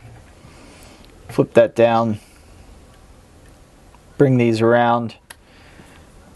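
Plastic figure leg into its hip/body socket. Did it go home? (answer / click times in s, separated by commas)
no / none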